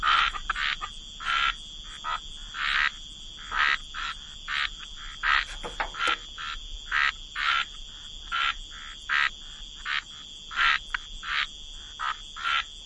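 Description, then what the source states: Frogs keep up a long run of rasping croaks in quick succession, with one sharp click midway and a continuous high hum. Frog chorus.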